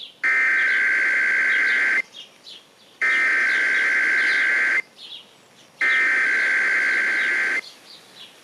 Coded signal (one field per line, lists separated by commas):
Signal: Emergency Alert System (SAME) tones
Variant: header bursts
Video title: [EAS #71-75] San Francisco's May RMT's